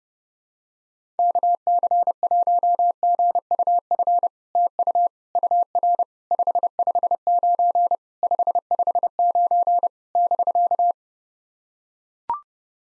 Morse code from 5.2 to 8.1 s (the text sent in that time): UR 559